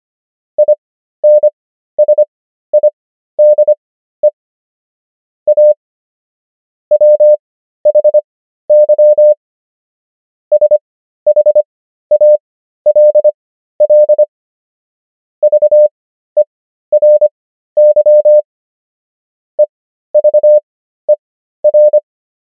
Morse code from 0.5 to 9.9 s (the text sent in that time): INSIDE A WHY